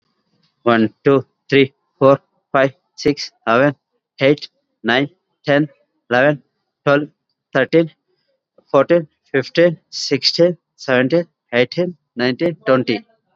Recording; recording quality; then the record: counting at a fast pace; excellent, no background noise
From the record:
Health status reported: COVID-19 positive, mild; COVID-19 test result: positive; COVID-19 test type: RT-PCR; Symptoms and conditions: cold, sore throat, fever, fatigue, muscle pain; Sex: male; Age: 36 years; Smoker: no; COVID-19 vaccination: both doses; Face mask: worn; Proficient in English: yes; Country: India